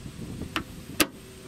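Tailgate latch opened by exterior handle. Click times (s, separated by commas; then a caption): 0.6 s, 1.0 s. A new exterior handle on a 1999 Subaru Outback tailgate is pulled down, and the tailgate latch clicks open with sharp clicks at 0.6 s and 1.0 s, followed by a fainter tick near 1.5 s. The latch is confirmed released by the handle.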